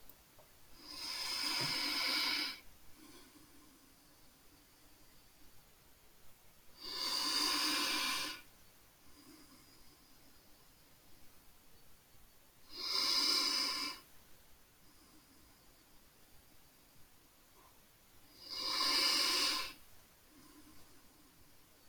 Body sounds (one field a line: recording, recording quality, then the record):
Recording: deep breathing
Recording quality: excellent, no background noise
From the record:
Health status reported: healthy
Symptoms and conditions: none ticked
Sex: male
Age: 38 years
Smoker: not ticked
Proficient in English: yes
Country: India